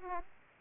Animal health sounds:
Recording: mosquito wingbeat signal from an infrared sensor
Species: Aedes aegypti

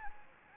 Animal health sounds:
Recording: mosquito wingbeat signal from an infrared sensor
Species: Anopheles gambiae

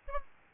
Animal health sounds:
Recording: mosquito wingbeat signal from an infrared sensor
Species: Aedes albopictus

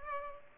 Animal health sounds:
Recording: mosquito wingbeat signal from an infrared sensor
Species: Culex pipiens

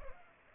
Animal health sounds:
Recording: mosquito wingbeat signal from an infrared sensor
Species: Culex pipiens

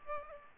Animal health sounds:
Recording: mosquito wingbeat signal from an infrared sensor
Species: Aedes aegypti

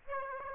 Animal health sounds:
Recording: mosquito wingbeat signal from an infrared sensor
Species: Aedes aegypti

